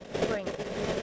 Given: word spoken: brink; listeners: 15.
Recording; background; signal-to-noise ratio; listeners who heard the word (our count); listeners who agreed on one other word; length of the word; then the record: one English word in noise, from a listening test; noise modulated by three-talker babble; -5.6 dB; 4 of 15; 8 of 15; 0.62 s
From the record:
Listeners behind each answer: 8, 4, 2, 1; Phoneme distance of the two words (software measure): 10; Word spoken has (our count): 1 syllable, 5 phonemes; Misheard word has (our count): 1 syllable, 5 phonemes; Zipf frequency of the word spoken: 3.82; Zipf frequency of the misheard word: 5.06